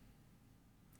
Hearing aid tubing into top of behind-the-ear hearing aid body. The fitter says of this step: simply by pushing in which you'll hear it click